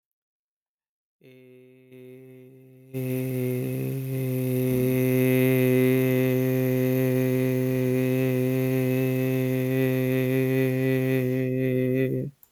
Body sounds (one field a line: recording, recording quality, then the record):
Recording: sustained vowel as in made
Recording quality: moderate, slight background noise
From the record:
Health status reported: healthy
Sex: male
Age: 43 years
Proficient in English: yes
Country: India